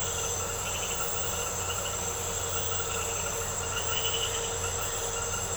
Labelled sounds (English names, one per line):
none